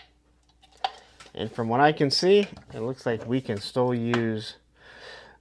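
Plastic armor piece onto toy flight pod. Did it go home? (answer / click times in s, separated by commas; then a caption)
yes / 0.8 s. A 3D-printed plastic armor piece for an action-figure flight pod is slid up into position and clicks into place with a sharp snap at 0.9 s, locking it on. Someone then talks for the rest of the clip.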